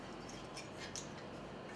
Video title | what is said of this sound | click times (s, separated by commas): Screw On Conduit Support for 1-1/2" Deep Box: CS812 | snaps in place quick and easy with a nice secure tight bite | 1.0 s